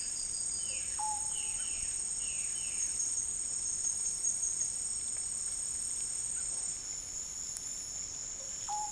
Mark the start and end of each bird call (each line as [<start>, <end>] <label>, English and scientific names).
[0.00, 2.94] Violaceous Jay (Cyanocorax violaceus)
[0.91, 1.59] Russet-backed Oropendola (Psarocolius angustifrons)
[8.24, 8.91] Russet-backed Oropendola (Psarocolius angustifrons)